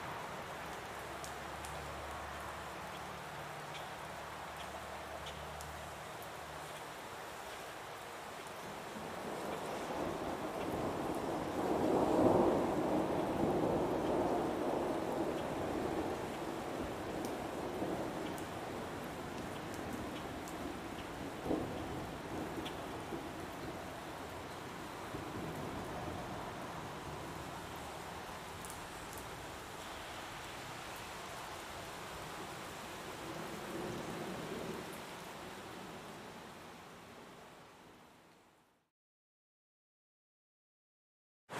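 Steady rushing water from a rainforest waterfall, swelling louder around twelve seconds, with a low hum early on, then cutting off near thirty-eight seconds.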